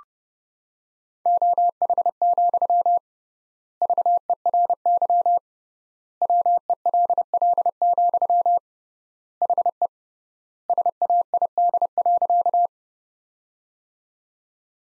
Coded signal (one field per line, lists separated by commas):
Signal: Morse code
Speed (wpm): 32 wpm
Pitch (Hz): 700 Hz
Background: none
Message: OH, VERY WELL, HE SAID.